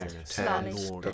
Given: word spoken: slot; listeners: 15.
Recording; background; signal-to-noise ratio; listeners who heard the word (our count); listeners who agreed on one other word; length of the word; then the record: one English word in noise, from a listening test; four-talker babble; -2.9 dB; 2 of 15; 6 of 15; 0.73 s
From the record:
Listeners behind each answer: 6, 2, 1, 1, 1, 1, 1, 1, 1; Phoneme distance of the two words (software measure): 10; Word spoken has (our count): 1 syllable, 4 phonemes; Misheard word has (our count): 1 syllable, 4 phonemes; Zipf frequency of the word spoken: 3.78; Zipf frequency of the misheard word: 3.18